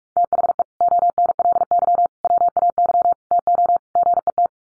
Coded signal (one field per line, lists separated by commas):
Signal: Morse code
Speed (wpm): 44 wpm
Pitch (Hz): 700 Hz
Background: none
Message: THE ONLY WAY TO GET